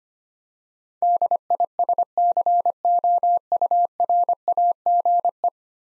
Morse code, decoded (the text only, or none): DISCOURAGE